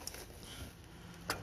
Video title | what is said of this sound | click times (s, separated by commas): Nissan Altima 2.5L P0011 P0300 Codes Intake Timing Solenoid Replacement Change Runs Rough Stalls DIY | like that. Snaps right in. | 1.3 s